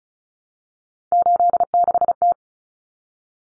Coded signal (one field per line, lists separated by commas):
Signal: Morse code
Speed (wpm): 34 wpm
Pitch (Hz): 700 Hz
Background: none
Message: 86T